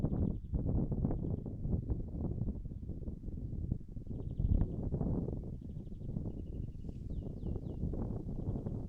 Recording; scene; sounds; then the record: everyday scene through a hearing-aid microphone; wind on the microphone; wind, birds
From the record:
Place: in front of a rural house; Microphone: behind the ear, right, front